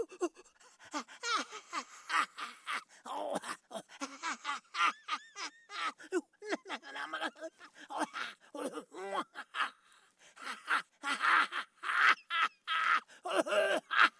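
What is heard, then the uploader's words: Laughter, dry, broken into quick bursts that run almost without pause for the whole fourteen seconds. Voiced giggles with bending pitch alternate with breathy gasps and sharp intakes of air. It grows louder and more airy near the end. Laughter Sounds.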